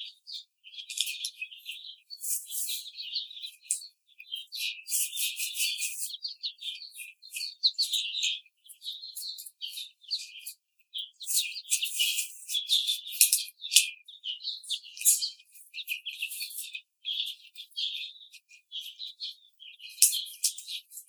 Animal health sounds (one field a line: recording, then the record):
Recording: young laying hens in a cage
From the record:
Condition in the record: treatment cage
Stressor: simulated dog barking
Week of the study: 5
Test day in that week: 1